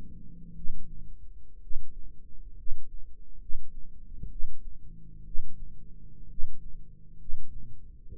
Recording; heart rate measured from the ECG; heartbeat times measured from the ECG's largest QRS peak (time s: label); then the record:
heart sounds by microphone in the right ear; 64 bpm
0.53 s: heartbeat
1.59 s: heartbeat
2.55 s: heartbeat
3.38 s: heartbeat
4.28 s: heartbeat
5.23 s: heartbeat
6.27 s: heartbeat
7.17 s: heartbeat
8.09 s: heartbeat
From the record:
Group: healthy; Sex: male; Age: 24 years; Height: 184 cm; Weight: 89 kg